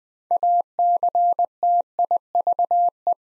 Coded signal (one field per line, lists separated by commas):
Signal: Morse code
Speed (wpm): 20 wpm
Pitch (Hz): 700 Hz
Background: none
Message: ACTIVE